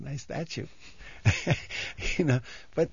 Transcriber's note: he laughs